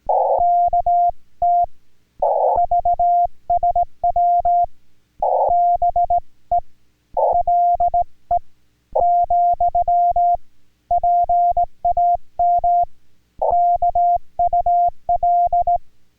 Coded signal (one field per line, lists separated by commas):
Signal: Morse code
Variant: Korean alphabet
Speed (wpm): 18 wpm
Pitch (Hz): 700 Hz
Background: music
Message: 어 렵 다 가 , 좀 익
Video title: Chatting in Korean Morse Codes/6K5EIA and HL1SB #Ulsan #CW #6K5EIA #HL1SB #HAM #A1